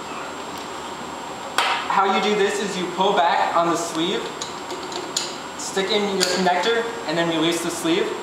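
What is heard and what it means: A water hose quick-disconnect connector is handled at the condenser port of a BioFlo 3000 bioreactor while someone talks, with sharp handling knocks near 1.6, 5.0 and 5.2 seconds over a steady background hiss. The connector has not seated or clicked into the port yet.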